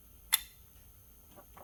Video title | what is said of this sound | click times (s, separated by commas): 6.0 GM Knock Sensor Repair | We're going to plug them in. You should hear it snap. | 0.3 s